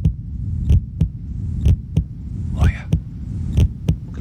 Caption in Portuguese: Eu vou encostar o coração bem perto do microfone para vocês ouvirem as batidas do meu coração. O microfone aqui é bom, mas tem que aumentar bastante.